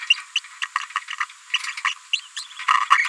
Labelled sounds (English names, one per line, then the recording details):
Green-rumped Parrotlet babbling
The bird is a female
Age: 30 days
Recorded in a nest box in Venezuela
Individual 17B73B2